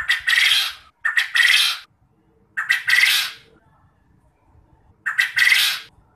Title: Burung Puyuh Mana Yang Tidak Nyaut Dan Gacor Dengan Pancingan Ini